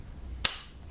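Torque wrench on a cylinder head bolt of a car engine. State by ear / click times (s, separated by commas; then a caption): torque reached / 0.5 s. A click-type torque wrench set to about 35 N·m tightens cylinder head bolt number one, in the middle of the head, on a 2.4 GDI engine of a Hyundai Santa Fe. After near silence, one sharp, loud, bright click rings out at 0.5 s and then fades quickly. The wrench has reached its setting, so the bolt is torqued and tightening stops.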